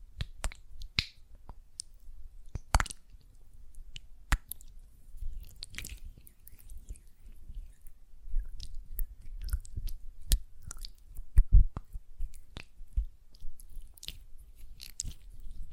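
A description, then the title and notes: Hands work a gel lotion, giving soft wet squishes and sticky clicks scattered irregularly across the whole stretch. Sharp little snaps stand out near 3, 4, 10 and 11 seconds over a low rumbling handling noise, with quiet gaps between bursts. ASMR Gel Lotion Hand Sounds (No Talking).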